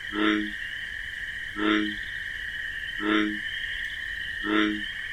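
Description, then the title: Bullfrog producing four deep, resonant croaks spaced about 1.4 seconds apart beneath a constant shrill cricket hum. Wetland at night among marsh grasses; bullfrog's deep 'jug-o-rum' call amid a continuous chorus of chirping crickets. "Bullfrog Sound. The Wondrous Wetlands"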